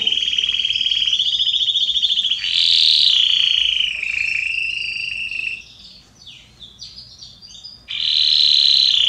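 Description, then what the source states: Canary song of continuous high trills shifting pitch, a quieter stretch of scattered notes, then a loud trill returns. Red-coloured Belgian canary, singing.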